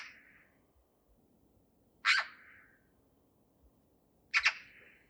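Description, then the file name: Eurasian magpie uttering short, harsh grating calls, one at the start and two more about two seconds apart, with quiet background between. "Pica pica"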